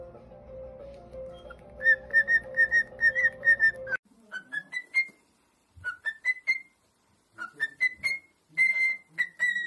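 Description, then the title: Cockatiel repeats a run of short whistles over a low hum, then switches to rising, upslurred whistled notes with clear pauses between phrases. Several cockatiels singing, whistled song. "Calopsitas Cantando Assobio"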